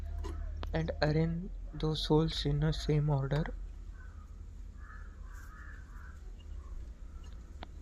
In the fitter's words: push it to its place until you hear a click sound